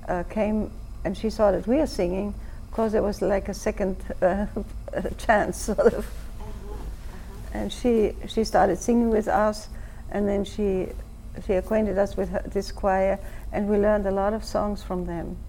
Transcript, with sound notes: came, and she saw that we were singing, of course, it was like a second chance, sort of [laughs] And she started singing with us, and then she acquainted us with this choir, and we learned a lot of songs from them.